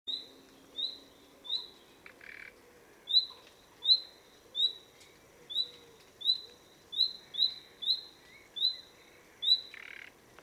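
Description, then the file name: Common nightingale sounding a long run of short rising whistles, interrupted by a couple of brief harsh rasps. "Luscinia megarhynchos"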